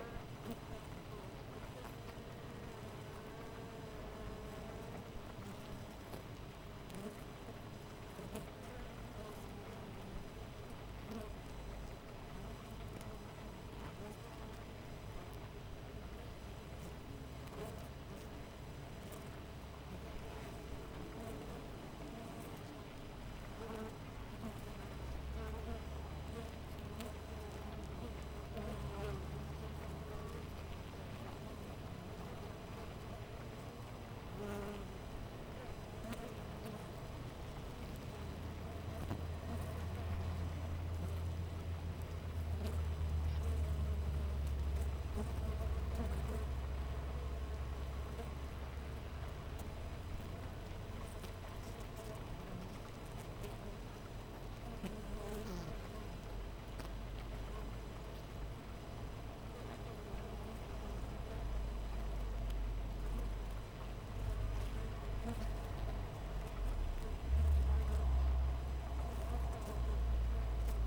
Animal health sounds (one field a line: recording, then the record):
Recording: honeybee colony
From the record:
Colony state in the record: missing queen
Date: 14 July 2017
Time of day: 5:32